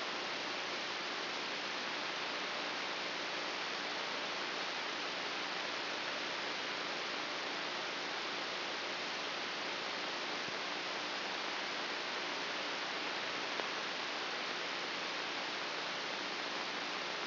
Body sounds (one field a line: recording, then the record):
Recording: brain microelectrode recording played as sound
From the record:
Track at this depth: inside the subthalamic nucleus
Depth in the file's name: 3.502 mm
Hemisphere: left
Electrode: 2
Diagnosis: Parkinson's disease